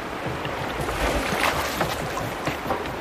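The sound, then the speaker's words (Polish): Steady rushing river water washes around a wooden raft, with soft splashes and bumps now and then as it is poled along the current. No voices. “Też trzeba uważać, żeby się nie znaleźć za burtą, bo jednak Filcakowi jest najłatwiej z tej łodzi wypaść, kiedy gdzieś ten kij, ta sprysa zostanie przeblokowana między kamieniami.”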